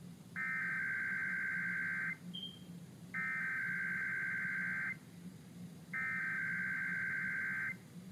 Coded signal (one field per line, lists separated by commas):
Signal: Emergency Alert System (SAME) tones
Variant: header bursts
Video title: [EAS #50-53] San Francisco and Sacramento's December RMT's